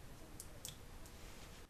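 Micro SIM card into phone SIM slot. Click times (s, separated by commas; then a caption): 0.4 s, 0.6 s. A micro SIM card is taken out and pushed back into the SIM slot of a Galaxy Note 2 phone. Two tiny, sharp clicks sound at 0.4 and 0.6 seconds against a quiet background as the card seats in the slot. No one talks during the clip.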